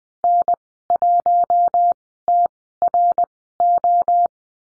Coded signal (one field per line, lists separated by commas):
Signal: Morse code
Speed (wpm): 20 wpm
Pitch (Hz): 700 Hz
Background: none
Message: N1TRO